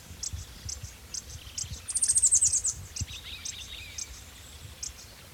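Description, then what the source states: Rusty Flowerpiercer giving a very high, thin rapid trill of descending notes lasting under a second, over steady faint high ticking throughout. Subspecies sittoides.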